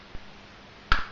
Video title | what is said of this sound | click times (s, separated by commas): Fansproject LER-04 Severo AKA Grimlock Transformer of the Week. | chest up until you hear it click a couple of times and | 0.9 s